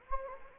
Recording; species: mosquito wingbeat signal from an infrared sensor; Anopheles gambiae